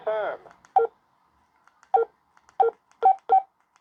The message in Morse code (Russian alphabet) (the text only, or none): none